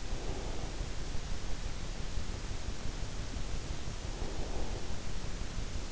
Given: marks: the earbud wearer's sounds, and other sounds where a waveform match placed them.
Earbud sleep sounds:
sounds in sleep by an in-ear microphone; breath
0.13-0.99 s: breath
3.86-4.85 s: breath

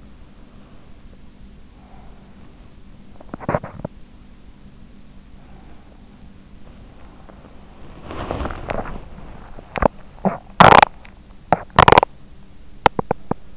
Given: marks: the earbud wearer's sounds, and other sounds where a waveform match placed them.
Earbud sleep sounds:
sounds in sleep by an in-ear microphone; breath, teeth grinding, body movement
0.40-2.85 s: breath
3.14-4.11 s: teeth grinding
6.43-9.71 s: body movement
9.60-13.57 s: teeth grinding

